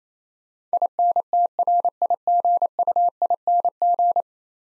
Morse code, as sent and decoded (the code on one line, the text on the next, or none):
.. -. - .-. .. --. ..- .. -. --.
INTRIGUING